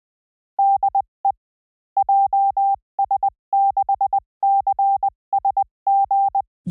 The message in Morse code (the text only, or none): DE JS6CSG